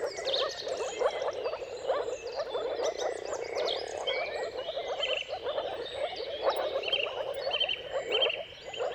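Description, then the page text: Moor frogs in a dense mating chorus of soft, low bubbling calls overlapping without pause, while several birds sing high, varied phrases throughout. Mating calls of a moor frog chorus at sunrise, at the turn of March and April, depending on the weather. "Jakub-Orzecki moor frogs. Dawn’s Chorus: Mating Calls of Marsh Frogs at Sunrise. Depending on the weather at the turn of March and April, you can witness an amazing spectacle of moor frogs"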